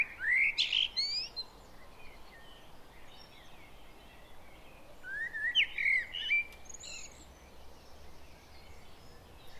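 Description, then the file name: Common blackbird singing two short phrases, a mellow warble trailing into high squeaky notes, separated by about four seconds of quiet hiss. "Turdus merula"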